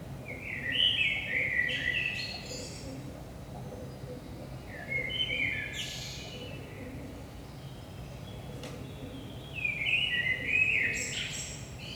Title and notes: Saint-Gilles, Belgique - 5am Blackbird. Blackbird in the morning. Merle au petit matin